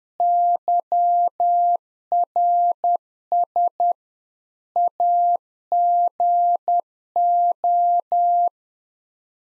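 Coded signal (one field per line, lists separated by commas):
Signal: Morse code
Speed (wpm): 10 wpm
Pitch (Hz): 700 Hz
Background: none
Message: YRS AGO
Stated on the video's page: Practice QSO drill at 10 wpm covering rig, antenna and weather information, sent in Morse, then spoken, then sent again.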